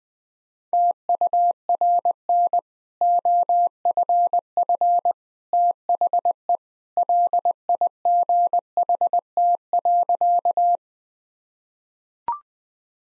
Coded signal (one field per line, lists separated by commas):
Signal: Morse code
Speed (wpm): 21 wpm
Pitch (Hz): 700 Hz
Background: none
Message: TURN OFF THE LIGHT.